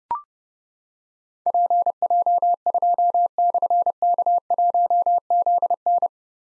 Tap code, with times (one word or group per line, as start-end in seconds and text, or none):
none